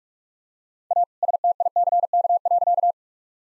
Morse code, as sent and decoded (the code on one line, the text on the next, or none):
.- / ... - .. -.-. -.- .-.-.-
A STICK.